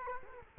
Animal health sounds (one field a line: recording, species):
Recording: mosquito wingbeat signal from an infrared sensor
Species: Culex quinquefasciatus